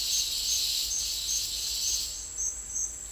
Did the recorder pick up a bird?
no